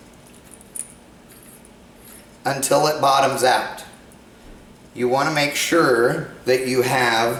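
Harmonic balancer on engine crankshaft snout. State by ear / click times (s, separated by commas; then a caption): not seated / none. A harmonic balancer installation tool is threaded by hand into the end of an engine crankshaft snout until it bottoms out, with light metallic ticks of threading and handling around 0.5 to 0.8 seconds. Someone then talks. The balancer has not been pressed fully home, and nothing has seated or clicked yet.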